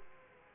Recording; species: mosquito wingbeat signal from an infrared sensor; Aedes aegypti